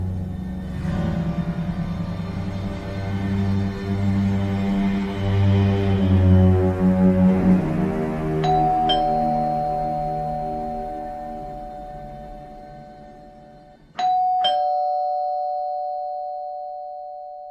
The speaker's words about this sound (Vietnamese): Bách thức giấc vì tiếng chuông cửa chói chát va vào không gian tĩnh lặng